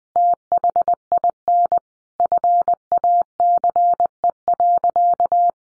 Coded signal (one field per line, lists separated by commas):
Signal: Morse code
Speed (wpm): 20 wpm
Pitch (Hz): 700 Hz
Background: none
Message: THIN FACE.